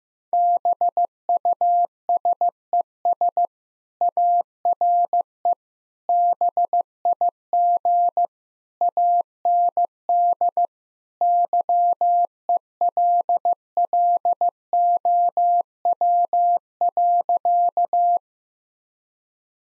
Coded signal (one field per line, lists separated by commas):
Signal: Morse code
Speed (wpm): 14 wpm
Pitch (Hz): 700 Hz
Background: none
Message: BUSES ARE BIG AND YELLOW.